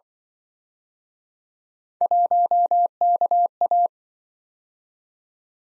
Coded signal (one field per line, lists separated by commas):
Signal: Morse code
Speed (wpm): 25 wpm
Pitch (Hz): 700 Hz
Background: none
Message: 1KA